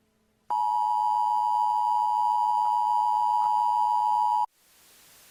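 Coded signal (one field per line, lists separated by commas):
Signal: Emergency Alert System (SAME) tones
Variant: 853 and 960 Hz attention tone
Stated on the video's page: Fictional EAS scenario set in Rockville, Maryland.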